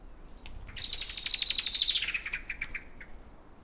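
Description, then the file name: Common blackbird call: a harsh, rapid chattering rattle lasting about a second, falling in pitch as it fades, with faint high thin notes around it. "Turdus merula"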